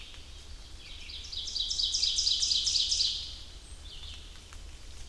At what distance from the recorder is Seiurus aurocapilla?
about 40 m